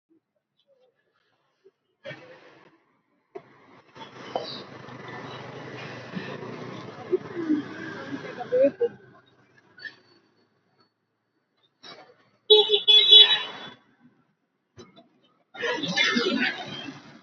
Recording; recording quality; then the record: deep breathing; moderate, slight background noise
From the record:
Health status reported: healthy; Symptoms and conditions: none ticked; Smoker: not ticked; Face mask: worn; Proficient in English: yes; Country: India